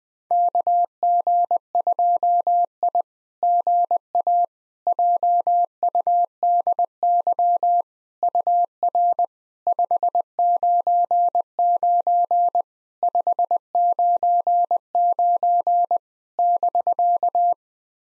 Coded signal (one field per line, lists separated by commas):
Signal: Morse code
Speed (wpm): 20 wpm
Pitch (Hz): 700 Hz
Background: none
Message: KG2I GA JUDY UR 599 599 <BK>